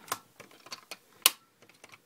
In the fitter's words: working it in until you hear a snap. There'll be a couple different snaps. So that is all set,